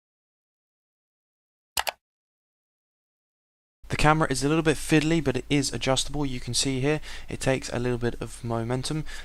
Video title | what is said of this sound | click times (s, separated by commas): Foldable Wifi FPV Drone! - Helifar H816 Quick Review | it has a nice click when it goes into place and then | 1.8 s, 1.9 s